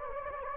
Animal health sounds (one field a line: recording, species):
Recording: mosquito wingbeat signal from an infrared sensor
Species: Anopheles gambiae